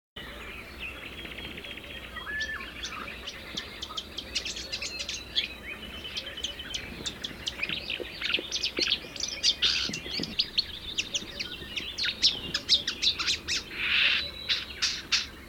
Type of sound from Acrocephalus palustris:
song